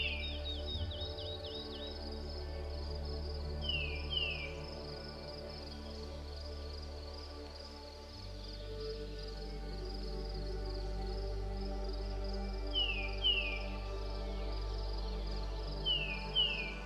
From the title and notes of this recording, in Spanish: PÁJAROS Cantantes, MÚSICA Suave. Escucha cómo los pájaros cantantes del bosque se mezclan con una música suave, creando un ambiente ideal para un sueño profundo.